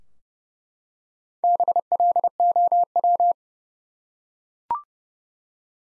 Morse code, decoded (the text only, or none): BLOW